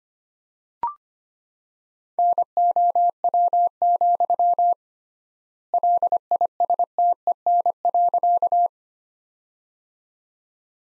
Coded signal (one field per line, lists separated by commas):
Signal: Morse code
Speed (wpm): 25 wpm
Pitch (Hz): 700 Hz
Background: none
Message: NOW, LISTEN.